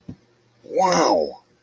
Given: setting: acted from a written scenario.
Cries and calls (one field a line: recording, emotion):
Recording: vocal sound without words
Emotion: elation